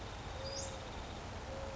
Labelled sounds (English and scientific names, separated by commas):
Western Flycatcher (Empidonax difficilis)